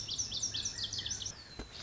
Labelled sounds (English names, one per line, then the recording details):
Lazuli Bunting
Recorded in Sonoma County, California